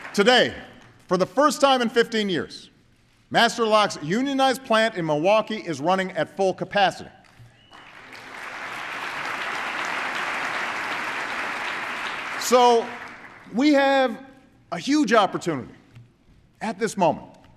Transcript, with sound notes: Today, for the first time in 15 years, Master Lock’s unionized plant in Milwaukee is running at full capacity. (Applause.) So we have a huge opportunity, at this moment,